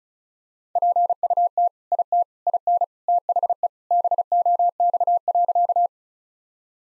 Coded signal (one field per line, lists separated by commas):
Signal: Morse code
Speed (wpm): 35 wpm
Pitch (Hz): 700 Hz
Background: none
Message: PUT IT IN THE BOX.